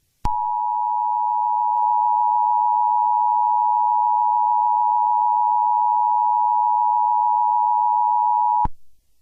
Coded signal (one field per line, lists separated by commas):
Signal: Emergency Alert System (SAME) tones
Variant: 853 and 960 Hz attention tone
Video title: EAS Scenario Golden Freddy